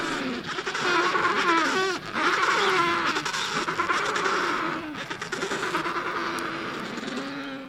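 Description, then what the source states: Adelie penguin colony noise: a dense din of many overlapping braying and squawking calls. Constant noise of a colony of 500,000 Adelie penguins at Cape Crozier, Antarctica, a place with no human noises.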